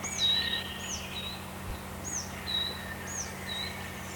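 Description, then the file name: Coal tit song, sharp high notes dropping into short level whistles, repeated in a regular rhythm over faint low hum. "moskovka"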